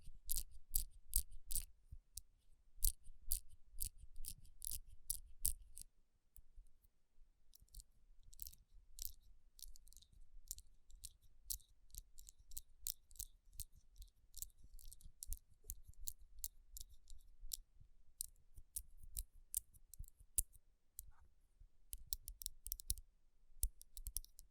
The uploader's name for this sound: Tapping & Rubbing Rhinestone Covered Palms